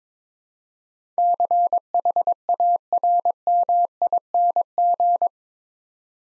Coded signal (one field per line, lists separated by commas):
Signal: Morse code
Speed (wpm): 22 wpm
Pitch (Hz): 700 Hz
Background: none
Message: CHARMING